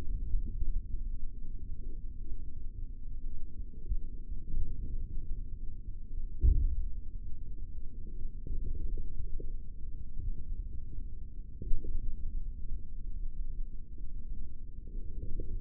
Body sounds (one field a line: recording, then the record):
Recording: forearm muscle sounds (acoustic myography)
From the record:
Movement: forearm supination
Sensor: system 3, bracelet of six PUI Audio POM-2738L microphones around the upper forearm, with dedicated amplification and filtering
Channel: 6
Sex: male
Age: 23 years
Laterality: right